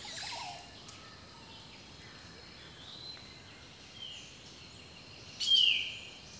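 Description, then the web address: Bird song of soft, high whistled phrases over a constant hiss, ending in one loud, sharp descending whistle near the close. Rainforest birdsong. "The Natural Sounds of the Wilderness Echoes of Nature - Rainforest Birdsong"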